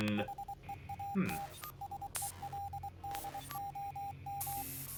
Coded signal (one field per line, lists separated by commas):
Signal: Morse code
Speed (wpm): 24 wpm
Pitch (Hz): 800 Hz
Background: none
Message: HEAT SELDOM